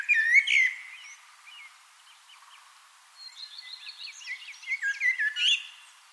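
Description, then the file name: Common blackbird with a short fluted phrase at the start, soft scattered chirps, then a longer run of squeaky twittering notes. "Turdus merula"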